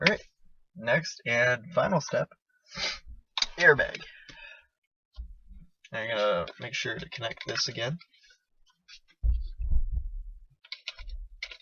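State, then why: Seated. Someone talks while reconnecting the plastic airbag wiring connector into its mating plug on the steering wheel of a 1998 Subaru Legacy, behind the wheel, before the airbag module is fitted. Low handling thumps and light clicks follow the talking, and a sharp click at 11.4 s marks the connector snapping in and seating.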